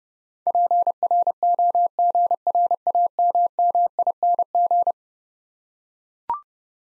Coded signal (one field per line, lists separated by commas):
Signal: Morse code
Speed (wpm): 30 wpm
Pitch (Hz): 700 Hz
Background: none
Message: PROGRAMMING